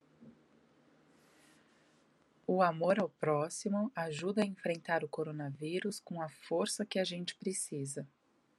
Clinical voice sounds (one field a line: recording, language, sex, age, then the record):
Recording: spoken sentence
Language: Brazilian Portuguese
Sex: female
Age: 40 to 49 years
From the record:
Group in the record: control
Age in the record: 41 years